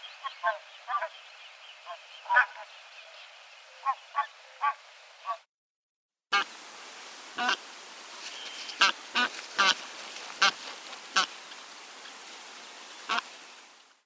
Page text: Птицы России - Гуменник (Anser fabalis)